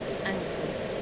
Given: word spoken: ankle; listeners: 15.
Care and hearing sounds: one English word in noise, from a listening test; speech-shaped noise; -4.5 dB; 1 of 15; 10 of 15; 0.62 s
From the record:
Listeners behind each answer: 10, 1, 1, 1, 1, 1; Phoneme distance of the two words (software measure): 27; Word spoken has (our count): 2 syllables, 4 phonemes, stress on syllable 1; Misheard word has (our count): 2 syllables, 5 phonemes, stress on syllable 1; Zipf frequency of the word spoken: 3.94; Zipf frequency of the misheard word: 4.71

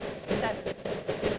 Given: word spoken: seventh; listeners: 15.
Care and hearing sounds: one English word in noise, from a listening test; noise modulated by three-talker babble; -7.2 dB; 2 of 15; 9 of 15; 0.98 s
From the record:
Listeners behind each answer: 9, 2, 2, 1, 1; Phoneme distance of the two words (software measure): 7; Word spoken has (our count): 2 syllables, 5 phonemes, stress on syllable 1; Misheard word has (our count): 2 syllables, 4 phonemes, stress on syllable 1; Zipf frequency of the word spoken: 3.83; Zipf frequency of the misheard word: 5.22

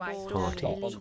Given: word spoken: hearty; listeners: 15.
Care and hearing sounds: one English word in noise, from a listening test; four-talker babble; 0.6 dB; 5 of 15; 7 of 15; 0.61 s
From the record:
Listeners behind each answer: 7, 5, 1, 1, 1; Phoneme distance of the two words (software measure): 10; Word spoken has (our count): 2 syllables, 4 phonemes, stress on syllable 1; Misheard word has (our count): 2 syllables, 4 phonemes, stress on syllable 1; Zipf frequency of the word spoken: 3.39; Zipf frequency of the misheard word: 5.53

